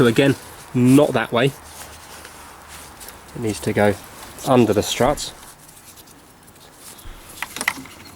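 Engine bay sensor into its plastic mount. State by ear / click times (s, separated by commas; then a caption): seated / 7.4 s, 7.6 s, 7.7 s. Someone talks while working in the engine bay of a BMW 318i with the N43 engine (E90, E91, E92, E93) during a spark plug change, routing a sensor under the struts. After the talking stops, the sensor is pushed back into its plastic holder, making a quick run of sharp clicks at 7.4, 7.6, 7.6 and 7.7 seconds. The sensor is seated.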